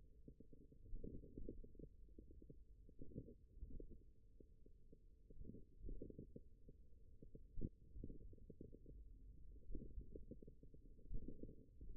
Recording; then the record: forearm muscle sounds (acoustic myography)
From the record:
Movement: finger pinch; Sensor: system 1, eight BSWA MPA416 microphones around the upper forearm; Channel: 3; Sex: male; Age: 41 years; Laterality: right